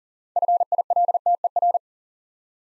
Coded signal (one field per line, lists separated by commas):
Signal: Morse code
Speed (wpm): 41 wpm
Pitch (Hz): 700 Hz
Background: none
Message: FILTER